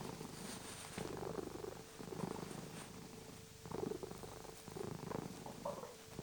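Domestic cat purring, its buzzy rumble pulsing in breath cycles, with a soft constant hum in the background.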